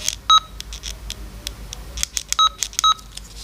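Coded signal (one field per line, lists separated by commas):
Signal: none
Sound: a radio's key beeps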